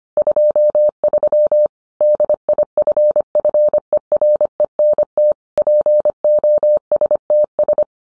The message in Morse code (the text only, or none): 23 DIFFERENT POSTS